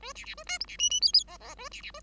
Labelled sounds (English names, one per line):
Bengalese Finch song